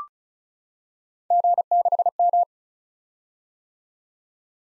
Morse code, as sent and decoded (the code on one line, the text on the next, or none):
--. -.... --
G6M